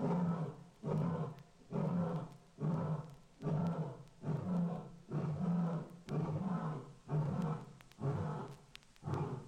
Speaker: After feeding, lions sometimes enjoy a roaring session.